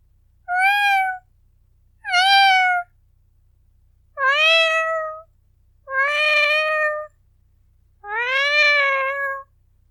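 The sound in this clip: Cat meowing, five drawn-out, slightly rising and falling meows spaced about two seconds apart, with a faint low hum underneath.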